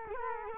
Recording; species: mosquito wingbeat signal from an infrared sensor; Culex quinquefasciatus